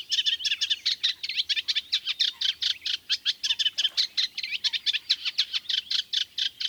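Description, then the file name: Eurasian reed warbler with a rhythmic chattering song of harsh notes at a fast pace without pause. "Kleinekarekiet"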